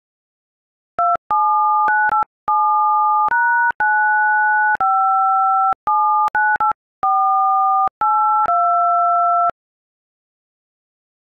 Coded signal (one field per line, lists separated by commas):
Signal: DTMF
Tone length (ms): 460 ms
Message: 27987#95798482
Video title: Harry Potter.. but its played on a dial pad